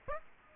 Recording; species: mosquito wingbeat signal from an infrared sensor; Aedes aegypti